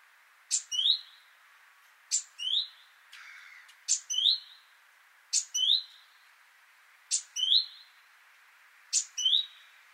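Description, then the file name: Great tit calling steadily: a sharp high note followed by an upward-slurred whistle, repeated regularly, with a brief noisy rustle midway and a hissy background. "Parus major"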